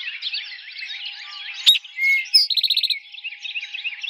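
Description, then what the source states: Eastern towhee song: a sharp high note, a lower clear whistle, then a fast buzzy trill, heard once over steady dense twittering from many other birds. Recorded in 2007.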